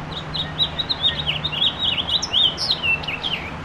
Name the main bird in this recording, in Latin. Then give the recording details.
Haemorhous mexicanus. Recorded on Long Island, New York, on 7 June 2011. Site MV. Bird A